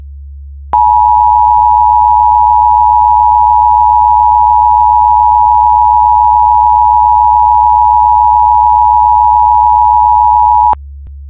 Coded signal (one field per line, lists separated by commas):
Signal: Emergency Alert System (SAME) tones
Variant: 853 and 960 Hz attention tone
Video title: Mayat Hidup | Zombie Apocalypse EAS Scenario